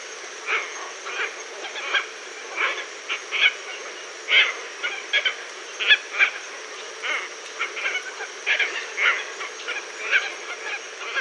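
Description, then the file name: Red-tailed tropicbird calls, separate harsh, barking squawks at short irregular intervals, with a continuous high hiss beneath. "phaethon rubricauda"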